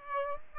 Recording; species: mosquito wingbeat signal from an infrared sensor; Aedes aegypti